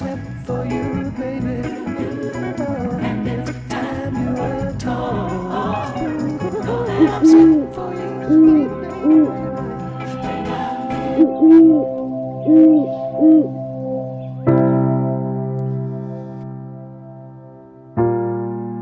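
Several low, rounded owl hoots, about seven, sound in a loose rhythm over sustained instrumental music, which then swells into a long held chord.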